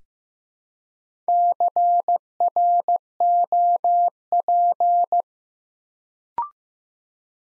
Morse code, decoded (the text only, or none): CROP